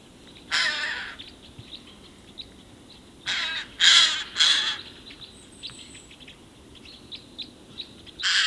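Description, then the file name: Eurasian jay screeching harshly: a single rasp, then a close cluster of three grating calls, and another rasp at the end, with soft chirping from other birds between. "Garrulus glandarius"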